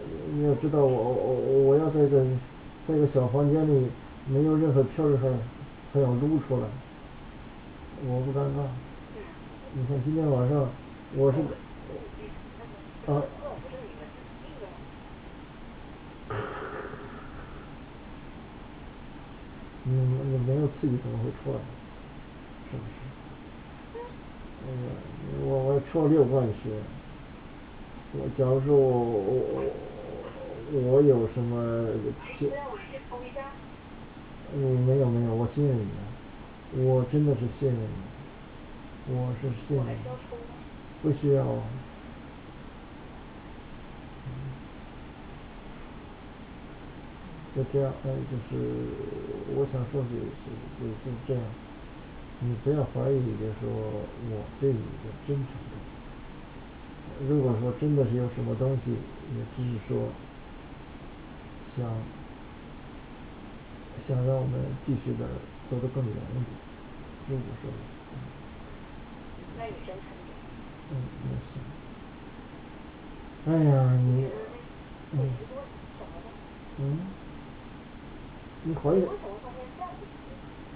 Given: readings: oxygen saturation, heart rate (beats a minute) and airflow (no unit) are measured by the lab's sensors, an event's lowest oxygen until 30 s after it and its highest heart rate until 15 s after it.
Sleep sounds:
a person awake in a sleep study, by a voice recorder at the bedside; none
0.00-80.76 s: awake
From the record:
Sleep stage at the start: awake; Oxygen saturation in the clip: 95 to 96%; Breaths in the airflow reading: 25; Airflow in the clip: -6.3 to 5.9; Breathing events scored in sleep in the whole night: 216 in 7.0 hours asleep

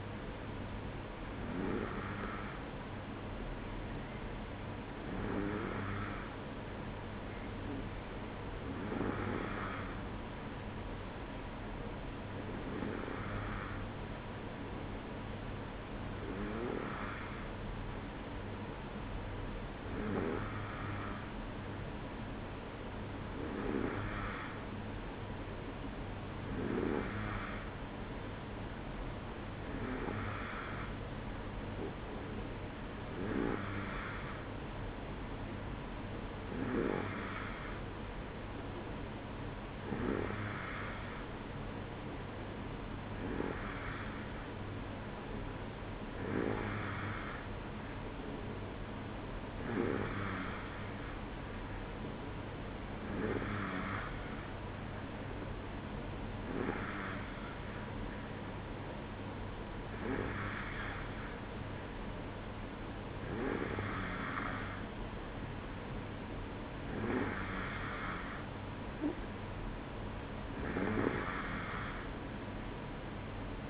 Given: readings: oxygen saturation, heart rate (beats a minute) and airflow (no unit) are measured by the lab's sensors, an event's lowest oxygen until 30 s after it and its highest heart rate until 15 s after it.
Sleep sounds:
breathing in sleep by a voice recorder at the bedside; none
none scored
From the record:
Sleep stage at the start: N2 (light sleep); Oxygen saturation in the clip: 92 to 94%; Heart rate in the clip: 54 to 57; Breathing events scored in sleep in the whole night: 305 in 9.6 hours asleep

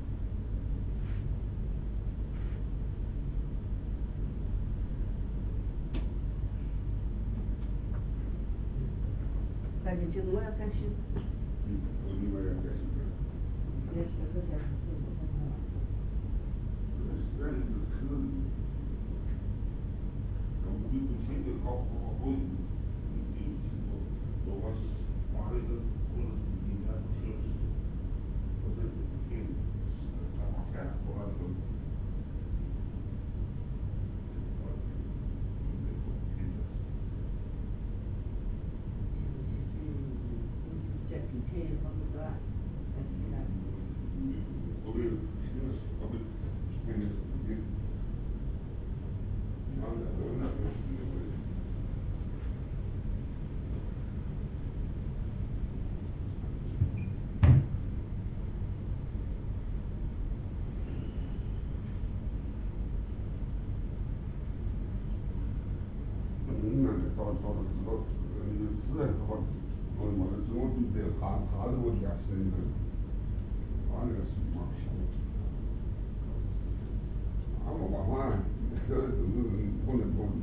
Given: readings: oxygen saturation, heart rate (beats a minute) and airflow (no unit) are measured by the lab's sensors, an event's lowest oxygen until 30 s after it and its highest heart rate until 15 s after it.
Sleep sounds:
a person awake in a sleep study, by a smartphone at the bedside; none
0.00-80.43 s: awake
From the record:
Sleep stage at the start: awake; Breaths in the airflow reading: 27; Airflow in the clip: -0.7 to 0.8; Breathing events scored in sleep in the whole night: 449 in 7.0 hours asleep

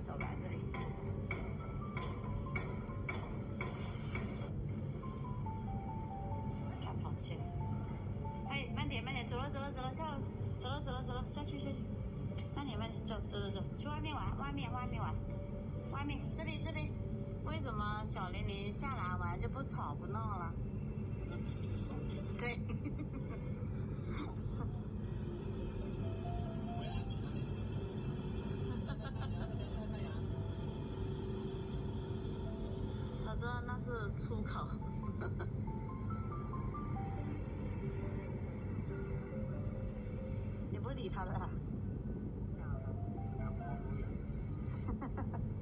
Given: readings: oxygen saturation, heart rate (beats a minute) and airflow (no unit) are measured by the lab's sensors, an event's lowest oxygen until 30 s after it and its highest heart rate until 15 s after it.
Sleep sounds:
a person awake in a sleep study, by a smartphone at the bedside; none
0.00-45.61 s: awake
From the record:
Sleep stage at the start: awake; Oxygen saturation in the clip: 94 to 96%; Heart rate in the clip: 74 to 82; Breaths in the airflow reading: 13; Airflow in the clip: -4.5 to 5.9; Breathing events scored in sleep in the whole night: 131 in 7.2 hours asleep

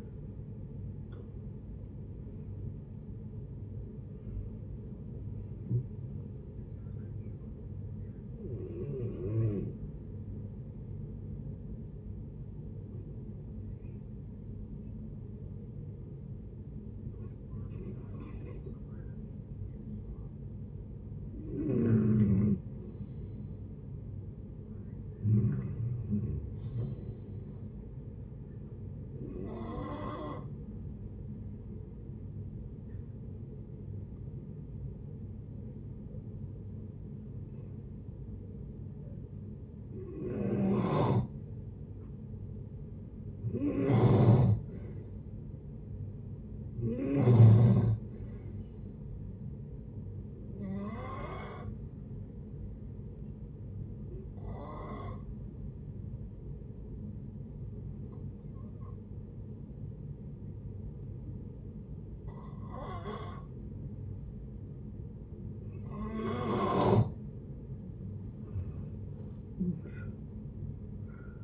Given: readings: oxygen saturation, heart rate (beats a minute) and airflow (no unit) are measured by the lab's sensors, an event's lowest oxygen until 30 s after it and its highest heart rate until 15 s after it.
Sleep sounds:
breathing in sleep by a smartphone at the bedside; 3
7.00-20.40 s: hypopnea (N1, oxygen 97% highest, then 90% lowest, heart rate 79 at the start, 79 highest)
26.00-56.00 s: new sleep stage, N2 (light sleep)
30.00-43.40 s: hypopnea (N2, oxygen 94% highest, then 90% lowest, heart rate 68 at the start, 68 highest)
55.00-67.40 s: hypopnea (N2, oxygen 95% highest, then 87% lowest, heart rate 61 at the start, 76 highest)
56.00-71.44 s: new sleep stage, N1 (lightest sleep)
From the record:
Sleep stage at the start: N1 (lightest sleep); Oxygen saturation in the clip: 90 to 97%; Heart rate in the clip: 57 to 82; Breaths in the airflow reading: 15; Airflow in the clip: -15.9 to 16.8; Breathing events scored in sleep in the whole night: 496 in 5.4 hours asleep

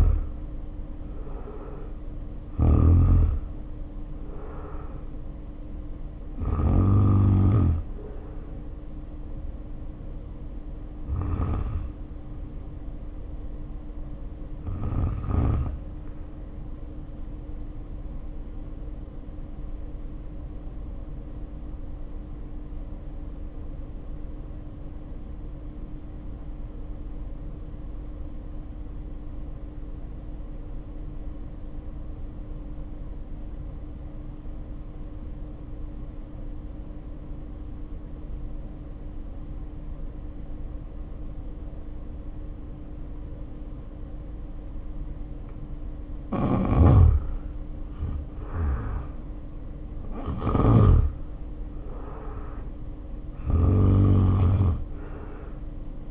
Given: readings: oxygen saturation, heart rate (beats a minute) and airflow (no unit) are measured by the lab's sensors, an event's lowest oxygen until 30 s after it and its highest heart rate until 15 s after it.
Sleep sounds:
breathing in sleep by a smartphone at the bedside; 1
8.00-47.60 s: hypopnea (N1, oxygen 95% highest, then 74% lowest, heart rate 57 at the start, 67 highest)
25.00-55.00 s: new sleep stage, N2 (light sleep)
55.00-56.10 s: new sleep stage, N1 (lightest sleep)
From the record:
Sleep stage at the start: N1 (lightest sleep); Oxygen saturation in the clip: 73 to 95%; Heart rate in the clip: 48 to 70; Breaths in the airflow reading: 14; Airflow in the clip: -2.7 to 3.5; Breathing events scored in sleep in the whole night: 520 in 7.2 hours asleep

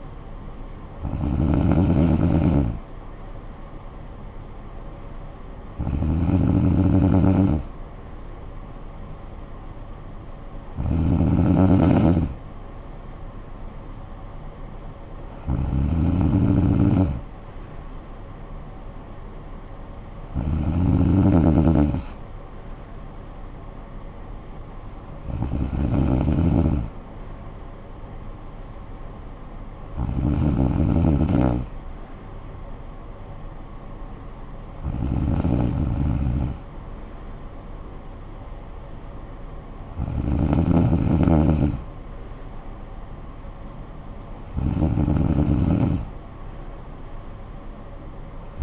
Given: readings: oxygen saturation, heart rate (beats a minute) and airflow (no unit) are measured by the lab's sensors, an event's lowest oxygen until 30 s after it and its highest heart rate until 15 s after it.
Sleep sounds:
breathing in sleep by a smartphone at the bedside; none
none scored
From the record:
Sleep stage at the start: N2 (light sleep); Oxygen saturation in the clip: 94 to 95%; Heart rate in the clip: 48 to 59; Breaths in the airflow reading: 10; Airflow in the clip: -10.5 to 7.3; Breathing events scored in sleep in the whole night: 445 in 7.6 hours asleep

